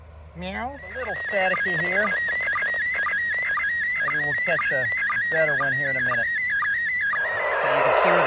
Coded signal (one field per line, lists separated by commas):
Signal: SSTV (slow-scan television)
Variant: PD 120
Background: speech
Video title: Decoding SSTV from the ISS using a handheld radio and whip antenna #hamradio #id52